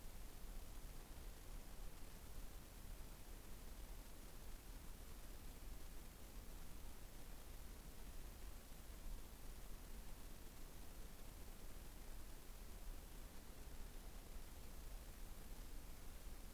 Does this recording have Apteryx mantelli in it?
no